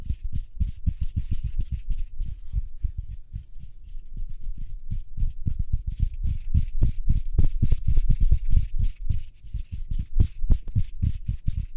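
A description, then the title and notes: Fast hand sounds, rapid rubbing or patting strokes in a dense, steady rhythm with low thumps and crisp bright edges throughout. ASMR Speedy Hand Sounds (No Talking).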